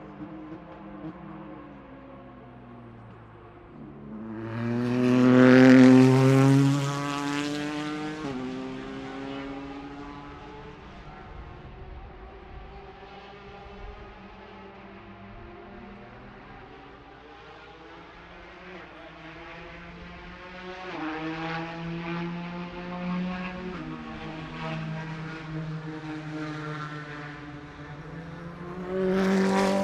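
Racing engines whine past, with a loud surge around five seconds, steadier droning midway, and rising pitch sweeps building again near twenty seconds.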